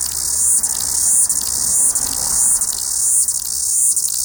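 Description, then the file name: Chorus cicada song, a steady shrill buzzing wash with brief regular dips. "Chorus Cicada singing"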